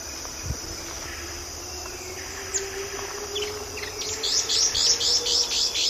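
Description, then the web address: Brown-backed Antwren calling: a quick run of high, thin notes repeated about four times a second near the end, over steady high insect buzzing. Eastern lowlands of South America. "Natures Songs S America Eastern Lowlands. Brown-backed Antwen"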